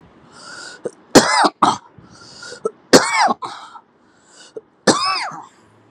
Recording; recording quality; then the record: heavy voluntary cough; excellent, no background noise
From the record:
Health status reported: COVID-19 positive, moderate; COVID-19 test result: positive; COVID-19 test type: RT-PCR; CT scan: not taken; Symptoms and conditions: cough, fever, fatigue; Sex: male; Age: 35 years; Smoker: no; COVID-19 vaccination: both doses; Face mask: not worn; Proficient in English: yes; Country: India